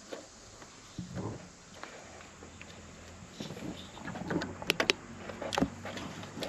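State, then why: Seated. A fuel hose quick-connect fitting is pushed onto the flex fuel sensor line of an Evo 10, and it clicks in at 4.7, 4.8 and 4.9 seconds with sharp snaps over low handling noise, followed by a softer knock at about 5.6 seconds. The connector is seated; without the click the hose stays loose and can pop off and leak fuel.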